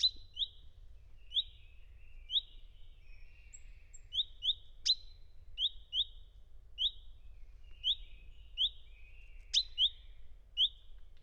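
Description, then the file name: Great tit calls: a long run of paired high chirps at a steady pace, broken by two sharp piercing down-slurred notes, with soft buzzy trills between. "szencinege hangja"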